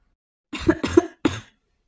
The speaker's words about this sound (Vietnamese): Yến Ngạc Thanh ho khan mấy tiếng.